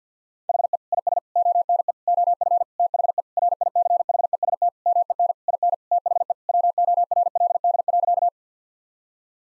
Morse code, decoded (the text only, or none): HE IS ONE OF THE RICHEST MEN IN THE WORLD.